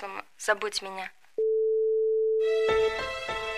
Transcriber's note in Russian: Протяжённый гудок